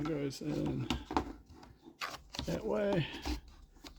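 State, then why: Not seated. A flight battery for a DJI FPV drone is handled and lined up one way at the drone's battery bay while someone talks, with a few faint handling ticks. Nothing has seated or clicked yet when the clip ends.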